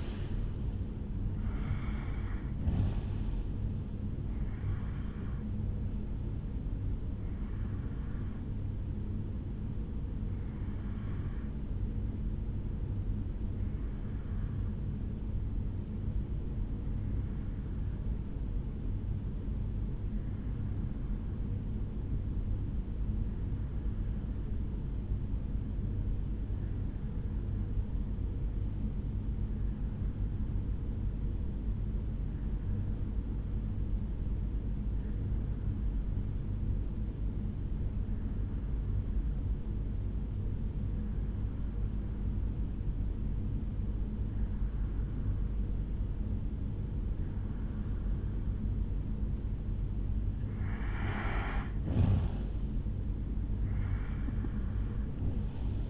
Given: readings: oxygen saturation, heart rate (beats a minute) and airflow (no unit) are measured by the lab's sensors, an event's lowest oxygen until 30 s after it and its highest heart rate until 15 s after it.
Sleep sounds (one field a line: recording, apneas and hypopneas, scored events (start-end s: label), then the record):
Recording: breathing in sleep by a smartphone at the bedside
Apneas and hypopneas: 1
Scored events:
13.00-51.10 s: hypopnea (REM, oxygen 96% highest, then 86% lowest, heart rate 63 at the start, 77 highest)
From the record:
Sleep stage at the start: REM sleep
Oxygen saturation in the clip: 85 to 96%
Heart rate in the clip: 62 to 77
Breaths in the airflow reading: 11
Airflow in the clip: -12.0 to 5.9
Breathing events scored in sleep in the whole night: 449 in 7.0 hours asleep